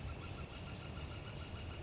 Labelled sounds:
Northern Flicker
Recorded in Sonoma County, California

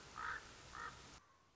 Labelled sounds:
Common Raven
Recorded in Sonoma County, California

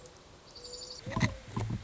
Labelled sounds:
Mourning Dove
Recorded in Sonoma County, California

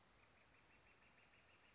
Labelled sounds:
Northern Flicker
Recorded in Sonoma County, California

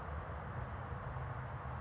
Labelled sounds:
California Towhee
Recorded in Sonoma County, California

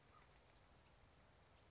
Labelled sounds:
California Towhee
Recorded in Sonoma County, California

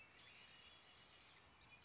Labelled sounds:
Red-winged Blackbird
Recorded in Sonoma County, California

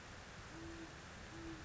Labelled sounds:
Great Horned Owl
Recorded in Sonoma County, California

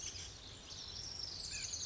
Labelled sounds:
Pacific Wren
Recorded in Sonoma County, California

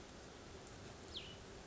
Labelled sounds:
Cassin's Vireo
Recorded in Sonoma County, California

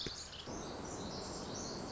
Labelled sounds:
Pacific Wren
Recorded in Sonoma County, California

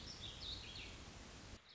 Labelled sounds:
Warbling Vireo
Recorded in Sonoma County, California

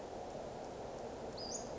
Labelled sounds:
Western Flycatcher
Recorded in Sonoma County, California

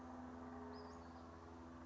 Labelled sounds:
Western Flycatcher
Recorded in Sonoma County, California

